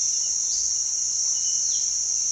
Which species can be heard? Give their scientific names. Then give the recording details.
none. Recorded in pastures near Puerto Asís, Putumayo, Colombia, on 19 February 2024 at 07:00. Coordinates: 0.468, -76.328. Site G6414